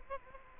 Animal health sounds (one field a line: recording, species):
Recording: mosquito wingbeat signal from an infrared sensor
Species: Aedes albopictus